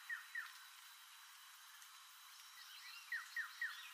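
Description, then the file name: Giant antshrike calls: short, downward-slurred whistled notes, two near the start and three more closely spaced near the end, over faint background hiss. "suara-giant-antshrike-v 1-omkicau"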